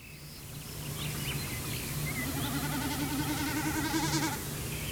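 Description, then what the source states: Common snipe drumming: a wavering, bleating hum pulsing rapidly for about two seconds, with scattered calls from other birds and a steady low hum underneath. Display at night; throat call 'kitkut kitkut' and bleating from vibrating tail feathers as the bird tips into slanting dives during display flight.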